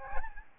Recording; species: mosquito wingbeat signal from an infrared sensor; Aedes albopictus